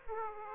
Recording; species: mosquito wingbeat signal from an infrared sensor; Aedes aegypti